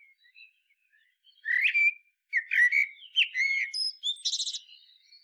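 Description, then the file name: Common blackbird: quiet faint notes, then loud warbled phrases, closing with a quick, high, rattling twitter. "Turdus merula"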